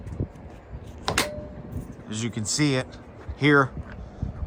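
A clamp on a tri-fold hard tonneau cover is pushed back onto the pickup truck's bed rail. It makes a sharp double snap at 1.1 s and 1.2 s and seats in place, and then someone talks.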